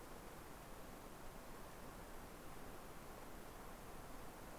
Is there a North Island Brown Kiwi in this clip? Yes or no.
no